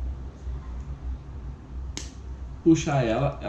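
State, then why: Released. The hinged plastic side door is pulled off a GoPro Hero 5 action camera body and snaps free with a short, sharp click at 2.0 s; it simply detaches rather than breaking. Someone then talks over a low background hum.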